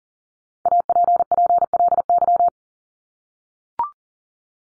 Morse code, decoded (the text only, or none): APPLY